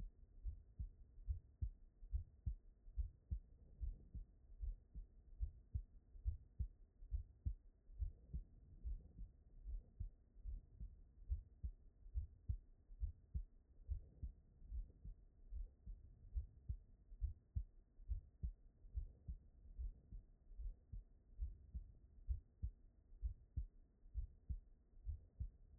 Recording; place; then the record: heart sounds by stethoscope; tricuspid valve (TV)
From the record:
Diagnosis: non-HFrEF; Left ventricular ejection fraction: 67%